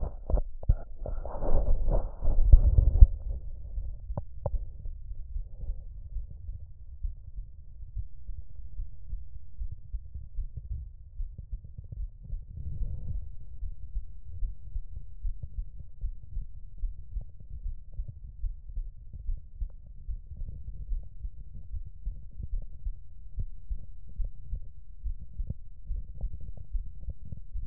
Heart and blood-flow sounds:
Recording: heart sounds by stethoscope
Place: tricuspid valve (TV)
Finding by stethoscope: normal heart sounds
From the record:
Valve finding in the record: tricuspid regurgitation, grade 1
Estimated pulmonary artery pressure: 40 mmHg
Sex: female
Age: 27 years

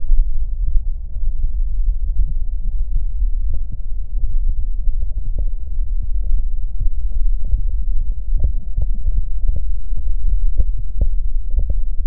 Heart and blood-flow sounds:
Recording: heart sounds by stethoscope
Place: mitral valve (MV)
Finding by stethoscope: normal heart sounds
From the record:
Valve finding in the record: mitral regurgitation, grade 1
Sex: female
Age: 40 years

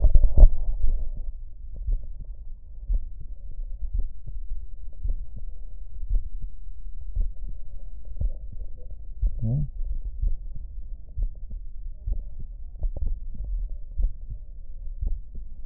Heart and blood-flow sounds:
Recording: heart sounds by stethoscope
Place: aortic valve (AV)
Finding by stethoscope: normal heart sounds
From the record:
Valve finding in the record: normal valve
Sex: male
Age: 38 years

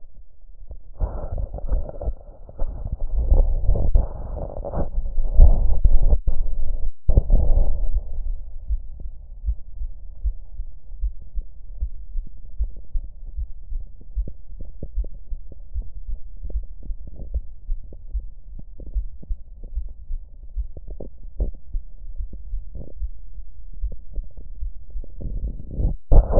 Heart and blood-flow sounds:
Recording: heart sounds by stethoscope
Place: tricuspid valve (TV)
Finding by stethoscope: normal heart sounds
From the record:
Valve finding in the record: tricuspid regurgitation, grade 1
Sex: female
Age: 80 years

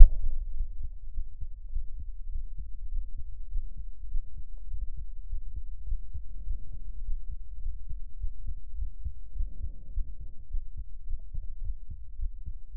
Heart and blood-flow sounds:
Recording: heart sounds by stethoscope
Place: aortic valve (AV)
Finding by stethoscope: normal heart sounds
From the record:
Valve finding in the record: aortic regurgitation, grade 0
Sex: male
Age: 52 years

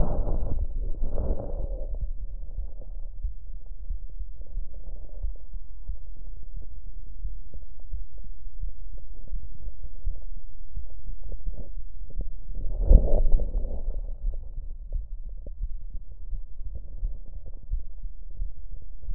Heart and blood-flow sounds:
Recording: heart sounds by stethoscope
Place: mitral valve (MV)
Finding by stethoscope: normal heart sounds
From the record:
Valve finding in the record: normal valve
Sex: female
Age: 43 years

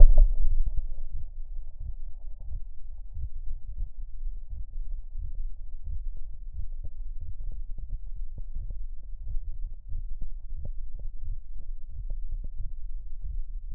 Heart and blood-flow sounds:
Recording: heart sounds by stethoscope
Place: pulmonary valve (PV)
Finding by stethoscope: abnormal heart sounds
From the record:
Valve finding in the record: normal valve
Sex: male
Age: 69 years

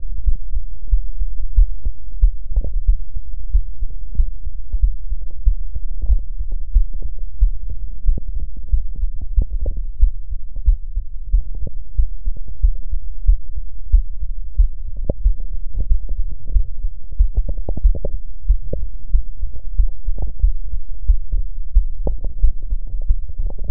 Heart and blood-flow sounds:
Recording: heart sounds by stethoscope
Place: pulmonary valve (PV)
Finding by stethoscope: normal heart sounds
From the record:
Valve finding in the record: normal valve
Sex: female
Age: 47 years

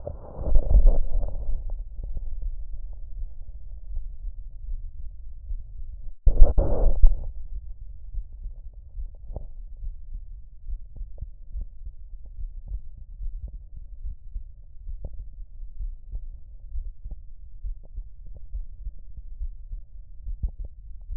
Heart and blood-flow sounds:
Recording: heart sounds by stethoscope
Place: aortic valve (AV)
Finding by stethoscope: normal heart sounds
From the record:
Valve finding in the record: aortic regurgitation, grade 0, sclerotic aortic valve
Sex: male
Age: 56 years

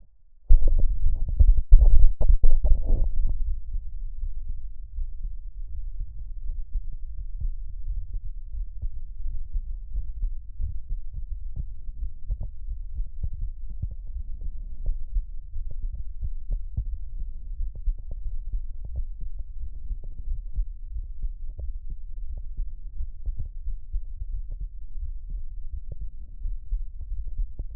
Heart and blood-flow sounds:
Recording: heart sounds by stethoscope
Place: aortic valve (AV)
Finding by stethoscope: normal heart sounds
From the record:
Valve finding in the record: normal valve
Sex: male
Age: 20 years

